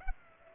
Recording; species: mosquito wingbeat signal from an infrared sensor; Culex pipiens